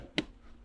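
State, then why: Seated. During an underglow wiring repair on a Honda Odyssey minivan, after the wires are tucked and a zip fastener is fastened, a plastic clip or fastener on the underbody wiring or trim is pushed home. A single sharp click sounds at 0.2 s over quiet background noise, and the clip is seated.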